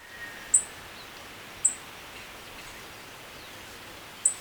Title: Myiothlypis Nigrocristata